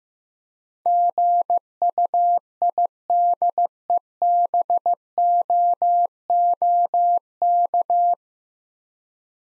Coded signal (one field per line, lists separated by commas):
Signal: Morse code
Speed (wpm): 15 wpm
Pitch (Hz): 700 Hz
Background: none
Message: GUIDEBOOK